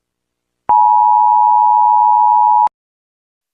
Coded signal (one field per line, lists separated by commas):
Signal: Emergency Alert System (SAME) tones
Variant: 853 and 960 Hz attention tone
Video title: Melon playground nuclear bomb eas #melon playgrond lon